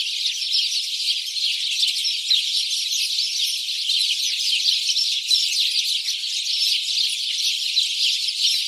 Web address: SETE Passer domesticus